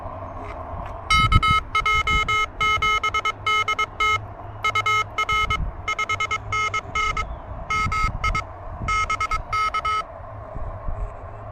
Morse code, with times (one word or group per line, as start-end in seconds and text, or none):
1.1-4.2 KJ7DT
4.6-5.6 UR
5.9-7.2 5NN
7.7-8.4 MI
8.9-10.0 BK